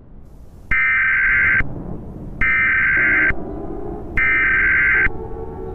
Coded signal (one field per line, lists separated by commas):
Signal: Emergency Alert System (SAME) tones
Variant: header bursts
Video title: EAS Scenario #1: Doom (READ PINNED)